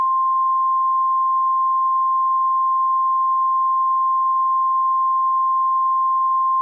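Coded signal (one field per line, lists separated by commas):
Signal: Emergency Alert System (SAME) tones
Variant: 1050 Hz attention tone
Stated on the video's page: Fictional EAS scenario, a simulated alert.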